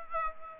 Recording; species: mosquito wingbeat signal from an infrared sensor; Aedes aegypti